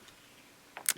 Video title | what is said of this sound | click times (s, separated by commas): Circuit Box: Rocket | So you just want to grip from behind and push down, and you should hear a nice snap. | 0.9 s